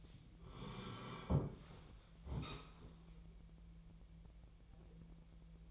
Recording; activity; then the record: daily activity, microphone in the room; sit down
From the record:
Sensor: 1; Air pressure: 1002.0 hPa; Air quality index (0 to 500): 243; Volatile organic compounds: 108 ppm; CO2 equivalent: 3806 ppm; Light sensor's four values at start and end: 10/24/10/11 and 10/24/10/12